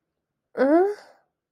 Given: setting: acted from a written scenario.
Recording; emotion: vocal sound without words; confusion